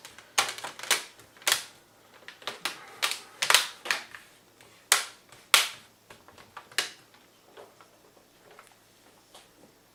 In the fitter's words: what you want to do is replace the bed put the bottom in first click this until you hear clipped in place and then